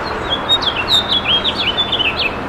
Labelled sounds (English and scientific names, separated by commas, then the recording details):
House Finch (Haemorhous mexicanus) song
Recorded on Long Island, New York, on 18 June 2012
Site OG
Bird B